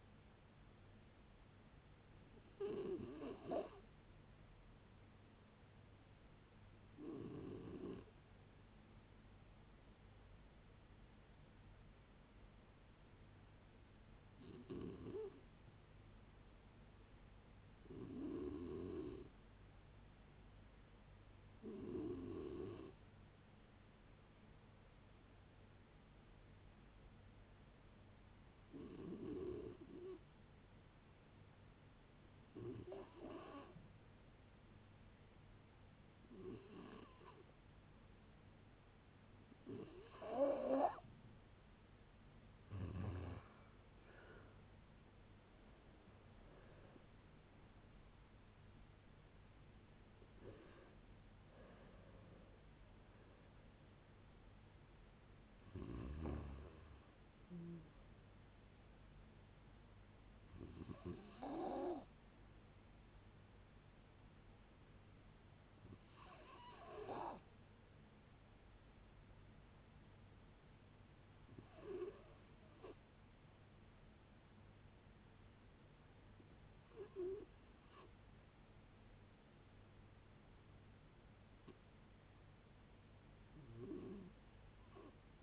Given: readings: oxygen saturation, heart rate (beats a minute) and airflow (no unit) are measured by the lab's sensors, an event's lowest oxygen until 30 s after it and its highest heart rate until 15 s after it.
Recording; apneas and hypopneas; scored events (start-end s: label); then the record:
a person awake in a sleep study, by a voice recorder at the bedside; none
0.00-85.43 s: awake
0.00-85.43 s: awake
From the record:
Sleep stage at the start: awake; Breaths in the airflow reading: 29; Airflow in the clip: -0.7 to 0.9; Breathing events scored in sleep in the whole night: 496 in 5.4 hours asleep